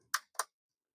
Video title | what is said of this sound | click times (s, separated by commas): Desert Plunge Wide Maintenance - Active Aqua Chiller & Danner 1200 GPH Mag Pump Cleaning Guide | There we go. Put them in and it slides down. locks in place. | 0.1 s, 0.4 s